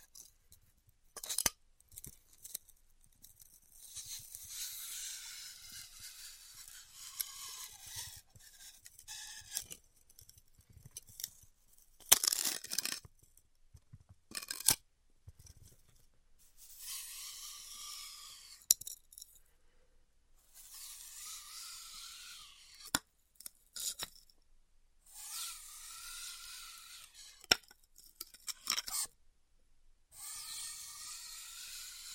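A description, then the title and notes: Styrofoam being heat cut: long hissy, bright sweeps of several seconds each, some with a whining tone that slides up and down. Between passes come sharp clicks and knocks, scattered irregularly across the half minute, with brief quiet gaps. ASMR Styrofoam Heat Cutting (No Talking).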